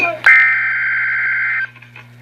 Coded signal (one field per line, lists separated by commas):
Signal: Emergency Alert System (SAME) tones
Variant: header bursts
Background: speech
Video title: REAL EAS 214- Tornado warning